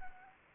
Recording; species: mosquito wingbeat signal from an infrared sensor; Anopheles arabiensis